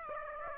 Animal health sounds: mosquito wingbeat signal from an infrared sensor; Aedes aegypti

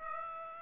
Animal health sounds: mosquito wingbeat signal from an infrared sensor; Aedes aegypti

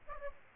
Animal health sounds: mosquito wingbeat signal from an infrared sensor; Aedes aegypti

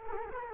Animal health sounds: mosquito wingbeat signal from an infrared sensor; Culex quinquefasciatus

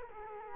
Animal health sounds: mosquito wingbeat signal from an infrared sensor; Culex quinquefasciatus

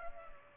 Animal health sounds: mosquito wingbeat signal from an infrared sensor; Culex pipiens

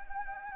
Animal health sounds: mosquito wingbeat signal from an infrared sensor; Anopheles gambiae

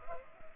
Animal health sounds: mosquito wingbeat signal from an infrared sensor; Culex pipiens

